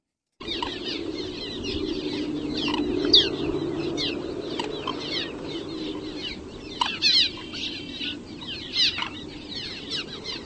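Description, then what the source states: Cliff Swallow calls: many overlapping creaky, squeaky chirps from several birds at once, a busy chattering jumble over a low rumbling background. Calls described as creepy, Hitchcock-like; species nests in colonies of jug-shaped mud nests glued under bridges, very local in Ohio.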